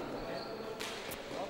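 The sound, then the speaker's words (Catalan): Two sharp, bright smacks of a player's left hand volleying a pilota ball during a Valencian pilota (raspall) match, about a third of a second apart, the first broader and louder, over a steady murmur of background voices. “Molt bé, volea amb l'esquerra.”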